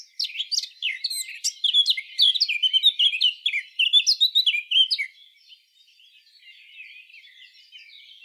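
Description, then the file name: Eurasian blackcap song: a rich, fast warbling phrase of varied whistled and chattering notes lasting about five seconds, followed by soft, quiet notes. "Sylvia atricapilla"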